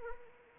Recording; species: mosquito wingbeat signal from an infrared sensor; Anopheles arabiensis